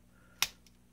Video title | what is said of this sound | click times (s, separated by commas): Learn Controller Modding 6 - Swapping the LED, some reassembly | it just snaps into place um that's looking a lot of practice | 0.4 s